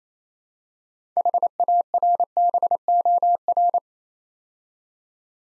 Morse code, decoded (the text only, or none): HARBOR